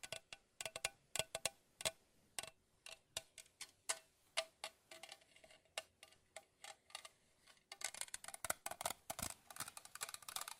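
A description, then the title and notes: Fast tapping with crisp, bright clicks comes in quick irregular bursts. Around eight seconds the taps grow denser and more rapid, almost a flurry, before easing slightly. No voice is heard. ASMR Tapping No Talking Fast & Soothing for Sleep 5 Objects.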